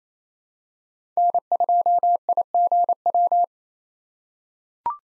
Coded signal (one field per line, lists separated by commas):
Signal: Morse code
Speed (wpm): 27 wpm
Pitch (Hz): 700 Hz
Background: none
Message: N2IGW